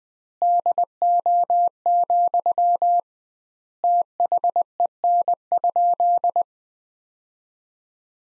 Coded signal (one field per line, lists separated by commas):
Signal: Morse code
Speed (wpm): 20 wpm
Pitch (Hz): 700 Hz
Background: none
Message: DO, THEN?